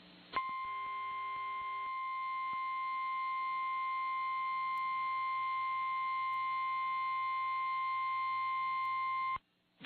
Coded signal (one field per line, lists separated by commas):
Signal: Emergency Alert System (SAME) tones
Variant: 1050 Hz attention tone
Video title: EAS on WLJC-TV - 3/17/2018 7:30pm